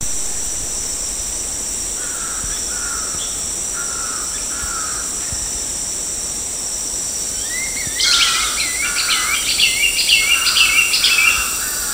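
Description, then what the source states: Dusky broadbill calls: faint whistled notes early, then from about eight seconds a louder run of rising, slurred squealing notes, over a steady high insect drone. Recorded at Danum on 10 August 2009.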